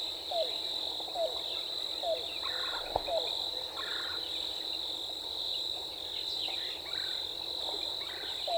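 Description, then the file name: Yellow-billed cuckoo calling a series of short clipped notes, pausing midway, beneath a persistent high insect chorus, a single click and faint buzzy calls. Recorded 14 April 2018. "2018-04-14 YBCU"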